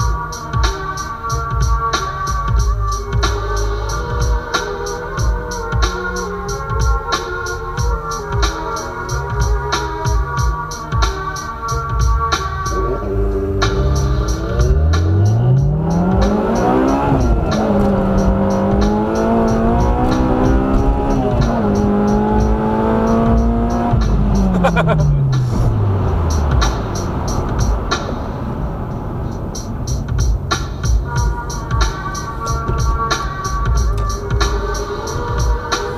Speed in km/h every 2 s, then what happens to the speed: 0, 0, 0, 0, 0, 0, 2, 21, 46, 66, 89, 106, 111, 102, 82, 55, 46, 41.
0-12 standing. 12-23 pulls away to 111. 23-36 brakes to 41.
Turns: none.